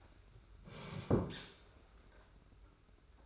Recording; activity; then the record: daily activity, microphone in the room; sit down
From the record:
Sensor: 2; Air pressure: 991.6 hPa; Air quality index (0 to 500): 177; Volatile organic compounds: 1000 ppm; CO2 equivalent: 5731 ppm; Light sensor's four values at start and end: 25/80/31/30 and 27/85/33/32